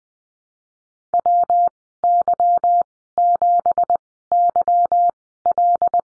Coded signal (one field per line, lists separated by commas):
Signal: Morse code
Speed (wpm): 20 wpm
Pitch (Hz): 700 Hz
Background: none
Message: WY7YL